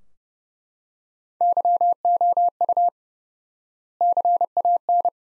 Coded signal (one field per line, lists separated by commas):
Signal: Morse code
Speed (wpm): 31 wpm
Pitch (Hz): 700 Hz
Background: none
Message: YOU CAN